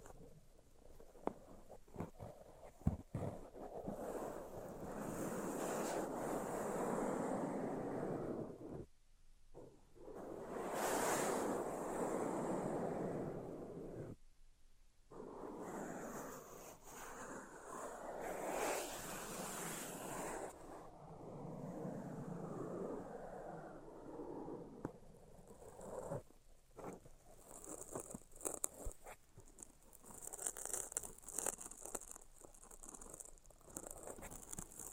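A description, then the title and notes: Scratching and tracing strokes make long rushing swells of texture, broken by short silent pauses near 9, 14, 21 and 26 seconds. Sharp taps punctuate the opening seconds, and quicker clusters of tapping mix with lighter scratching through the final stretch. Tapping, Scratching, and Tracing Sounds.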